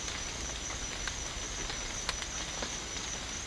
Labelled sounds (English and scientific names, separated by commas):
none